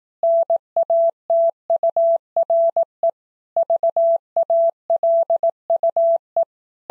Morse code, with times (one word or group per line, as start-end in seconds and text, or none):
0.2-3.1 NATURE
3.6-6.4 VALUE